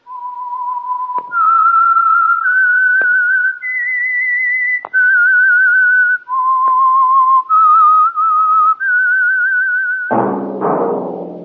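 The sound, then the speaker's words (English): A clear, loud whistled melody of about a dozen sustained notes that step up and down in pitch, ending abruptly as a brief burst of rich orchestral music begins; the whistled theme signals the Signal Oil radio program The Whistler. “That whistle is your signal for the Signal Oil program, The Whistler.”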